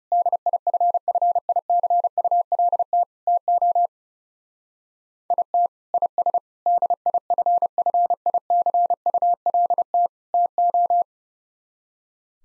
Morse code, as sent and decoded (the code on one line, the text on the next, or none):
-.. .. ..-. ..-. .. -.-. ..- .-.. - / - --- / .. - / .. ... / -.. .. ..-. ..-. .. -.-. ..- .-.. - / - ---
DIFFICULT TO IT IS DIFFICULT TO